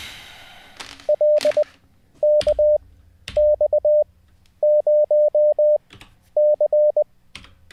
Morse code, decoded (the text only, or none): LKX0C